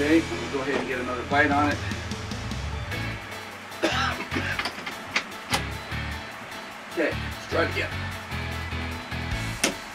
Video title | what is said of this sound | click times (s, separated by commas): Install Mini Split Evap Unit in RV / part 2 (see part 1) | there we go Gotta click okay we're gonna loosen it back up just | 9.6 s